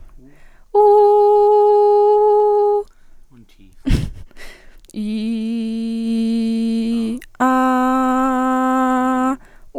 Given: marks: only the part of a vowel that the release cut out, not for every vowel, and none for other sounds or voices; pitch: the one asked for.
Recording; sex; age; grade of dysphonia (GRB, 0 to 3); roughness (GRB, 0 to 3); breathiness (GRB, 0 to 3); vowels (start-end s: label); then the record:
sustained vowels; female; 20 to 29 years; 0; 0; 0
0.87-2.16 s: vowel /u/, high pitch
5.07-7.05 s: vowel /i/, low pitch
7.47-9.26 s: vowel /a/, low pitch
From the record:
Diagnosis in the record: healthy voice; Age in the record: 23 years